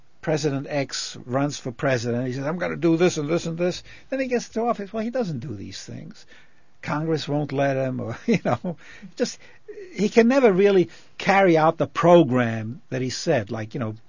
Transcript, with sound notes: President X runs for president, he says, "I'm gonna do this and this and this." Then he gets into office, why, he doesn't do these things. Congress won't let him () ( he laughs ) or, you know. Just, he can never really carry out the program that he said, like, you know,